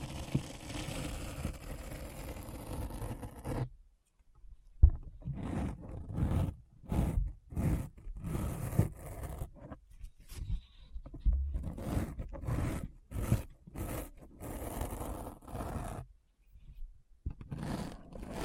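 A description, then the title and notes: Deep brain scratching sounds, low and rumbling. The first few seconds are a steady rough rubbing. After that the scratching comes in short separate strokes, roughly two each second, each with a gritty rasp and brief silences between them. ASMR Deep Brain Scratch (No Talking).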